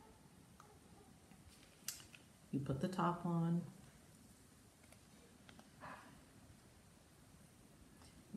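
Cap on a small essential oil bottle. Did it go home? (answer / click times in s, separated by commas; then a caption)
yes / 5.5 s. A cap is pressed onto a small essential-oil blend bottle until it clicks shut, with a sharp click at 5.5 s. Someone talks briefly before it, with a few soft taps and handling noises around it. The cap is seated closed.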